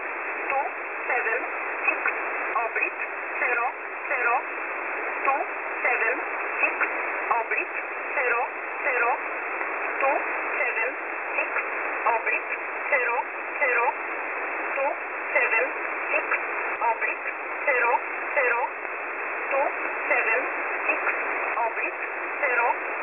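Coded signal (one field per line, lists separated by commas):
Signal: numbers station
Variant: E11 Oblique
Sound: short evenly spaced spoken words, roughly one each second, through heavy radio hiss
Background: radio static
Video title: E11 Oblique 22/06/2023 0930 UTC 6923kHz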